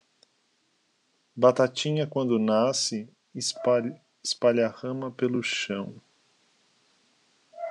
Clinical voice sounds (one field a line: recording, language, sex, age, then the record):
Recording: short text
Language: Brazilian Portuguese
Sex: male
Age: 40 to 49 years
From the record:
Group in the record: control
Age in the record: 45 years